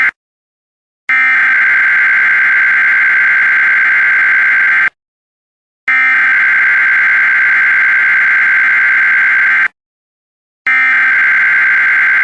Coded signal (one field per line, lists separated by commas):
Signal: Emergency Alert System (SAME) tones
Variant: header bursts